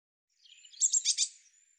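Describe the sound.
Eurasian blue tit giving a short buzzy call, four quick harsh high notes in a rapid burst, with no other sounds.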